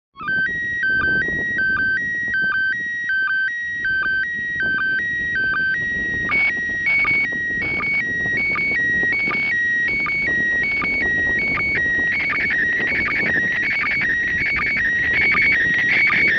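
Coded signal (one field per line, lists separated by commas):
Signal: SSTV (slow-scan television)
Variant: PD 180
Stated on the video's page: SSTV in Robot 36 from the ISS, received in Malta on a Baofeng handheld transceiver.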